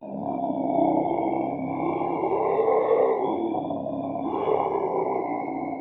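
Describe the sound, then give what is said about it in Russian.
A sinister, howling roar rumbles on without a break, deep and loud, its pitch wavering and swelling in slow surges with a thin whine riding above. No voices are heard. “Вдруг раздался зловещий, воющий рев.”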